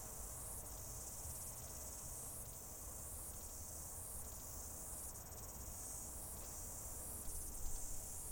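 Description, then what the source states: Cicada chorus making a constant high whirring buzz with faint rhythmic pulses, layered over a low outdoor rumble throughout. Outdoor ambience with cicadas.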